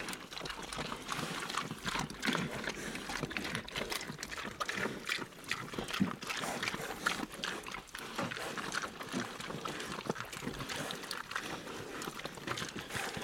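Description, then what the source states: Tamworth pigs eating: continuous wet chomping, slurping and crunching. Six Tamworth pigs eating, recorded close up.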